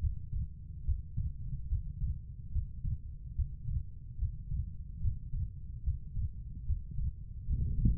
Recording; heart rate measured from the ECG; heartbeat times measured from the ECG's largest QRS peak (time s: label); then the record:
heart sounds by stethoscope; 73 bpm
0.83 s: heartbeat
1.66 s: heartbeat
2.50 s: heartbeat
3.33 s: heartbeat
4.16 s: heartbeat
4.99 s: heartbeat
5.82 s: heartbeat
6.64 s: heartbeat
7.44 s: heartbeat
From the record:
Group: healthy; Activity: breath hold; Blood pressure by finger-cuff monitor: 129/90 mmHg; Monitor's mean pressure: 101 mmHg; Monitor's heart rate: 72 bpm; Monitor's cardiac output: 4.6 L/min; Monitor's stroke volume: 65 mL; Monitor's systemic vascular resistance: 1610 dyn s/cm5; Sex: female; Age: 43 years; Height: 160 cm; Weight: 90 kg